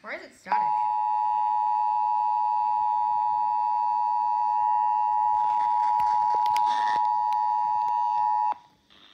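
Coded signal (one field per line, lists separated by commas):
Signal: Emergency Alert System (SAME) tones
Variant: 853 and 960 Hz attention tone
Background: speech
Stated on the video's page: NC Amber Alert relayed on nine FM stations.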